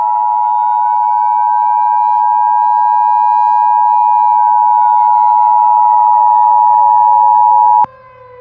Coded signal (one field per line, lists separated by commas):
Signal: Emergency Alert System (SAME) tones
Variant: 853 and 960 Hz attention tone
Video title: EAS Scenario - Blood Moon (VALID TONES)